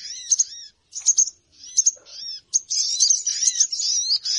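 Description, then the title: Birds giving scattered high chirps and short arched whistles in separate bursts, then breaking into a continuous, busy twittering chatter. Noisy bird lure sound; many birds are said to gather as soon as it starts. "Baru Diputar Dah Banyak Merapat! Suara Pikat Burung Ribut"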